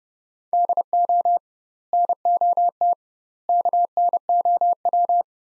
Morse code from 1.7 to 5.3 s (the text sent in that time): NOT KNOW